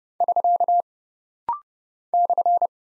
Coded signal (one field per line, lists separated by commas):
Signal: Morse code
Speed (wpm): 30 wpm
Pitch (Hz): 700 Hz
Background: none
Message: <SK> /